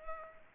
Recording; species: mosquito wingbeat signal from an infrared sensor; Culex pipiens